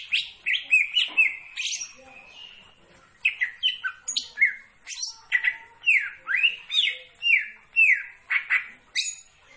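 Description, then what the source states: Greater green leafbird singing lively, varied phrases of slurred whistles, with a short gap before a steady run of repeated swooping notes. Described as gacor, singing actively.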